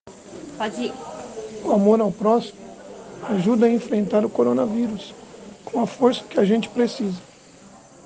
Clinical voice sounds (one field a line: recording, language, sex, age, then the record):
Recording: spoken sentence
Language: Brazilian Portuguese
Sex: male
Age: 50 to 59 years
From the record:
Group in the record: respiratory insufficiency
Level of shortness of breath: 5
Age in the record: 51 years